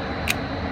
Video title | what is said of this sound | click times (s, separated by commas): Mar at Ready Gunner in Orem | Make sure it clicks in. There you go. | 0.3 s